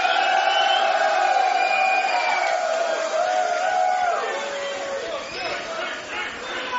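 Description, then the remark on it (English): A large crowd cheers and shouts continuously, many voices overlapping in a loud, sustained roar that eases slightly toward the end. “our producer, out there in the crowd.”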